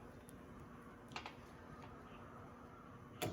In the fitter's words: Just like that. So as you can see, the tab just comes out and then snaps back into place.